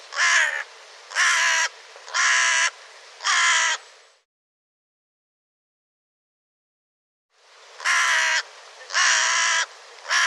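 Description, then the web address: Bird cawing four times in a steady rasping series, then a pause of several seconds before three more harsh caws. "cianscape birddata Deverinetal 2025"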